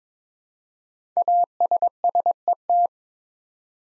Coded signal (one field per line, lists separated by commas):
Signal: Morse code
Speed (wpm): 22 wpm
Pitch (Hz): 700 Hz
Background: none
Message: ASSET